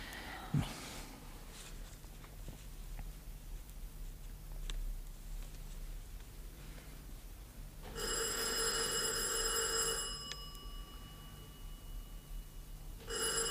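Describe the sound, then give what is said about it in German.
A doorbell rings insistently in a long shrill burst of about two seconds, with bright ringing overtones, then starts again briefly; before it, only faint background noise and a soft thump. “Donnerwetter, was der Kerl für einen Lärm macht. Am Ende hat er schon früher geläutet und wir haben es gar nicht gemerkt.”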